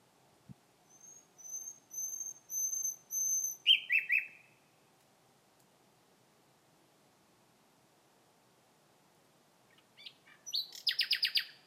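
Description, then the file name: Common nightingale song opening with soft high whistled notes repeated evenly, then harsh descending chirps, a long silence, and a loud rapid rattling trill. "Nachtigall Gesang"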